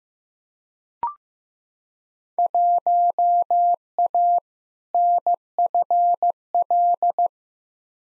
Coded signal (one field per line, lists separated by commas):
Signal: Morse code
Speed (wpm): 15 wpm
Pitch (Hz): 700 Hz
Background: none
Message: 1A NFL